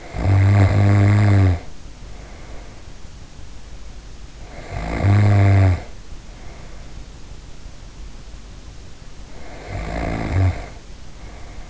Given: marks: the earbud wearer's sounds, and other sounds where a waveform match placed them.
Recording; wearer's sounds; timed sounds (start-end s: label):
sounds in sleep by an in-ear microphone; snoring breath
0.00-3.04 s: snoring breath
4.23-7.08 s: snoring breath
9.18-11.70 s: snoring breath